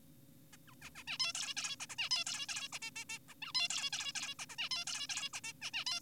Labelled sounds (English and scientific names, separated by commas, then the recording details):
Zebra Finch (Taeniopygia guttata)
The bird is an adult
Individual g4p5U